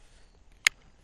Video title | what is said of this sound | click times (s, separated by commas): The BEST SHTF / Bug Out Carbine: KelTec Sub 2000 Gen 2: First Shots | and as you do, that sight comes up, and this clicks into place. | 0.7 s